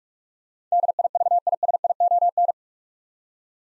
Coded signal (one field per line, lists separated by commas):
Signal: Morse code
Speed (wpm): 46 wpm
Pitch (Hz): 700 Hz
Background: none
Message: DIVISION